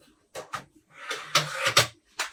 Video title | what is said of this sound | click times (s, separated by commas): Facebook Live - Les Cadres de la PR Brother | Donc, ça se clipse vraiment super facilement. | 1.8 s